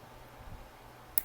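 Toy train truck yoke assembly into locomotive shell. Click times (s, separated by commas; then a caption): 1.2 s. While a knife is used to wiggle a plastic truck/yoke assembly loose from the shell of a 1959-60 Missouri Pacific PA unit 21922 Type II toy train locomotive, the part slips. After a quiet stretch of faint low handling noise, it snaps back into its mounting with one sharp click at 1.2 s. The truck is seated back in place, undoing the removal.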